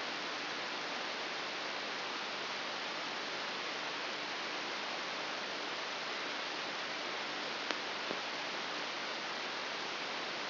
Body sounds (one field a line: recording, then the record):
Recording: brain microelectrode recording played as sound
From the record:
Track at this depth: inside the subthalamic nucleus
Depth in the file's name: 5.201 mm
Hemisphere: right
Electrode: 3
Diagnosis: Parkinson's disease